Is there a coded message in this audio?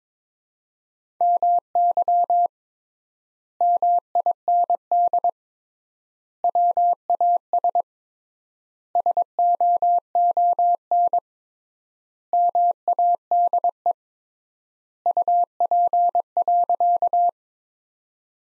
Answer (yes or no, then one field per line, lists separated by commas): yes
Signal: Morse code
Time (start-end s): 1.2-17.3 s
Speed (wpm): 22 wpm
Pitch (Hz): 700 Hz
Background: none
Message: MY MIND WAS SOON MADE UP.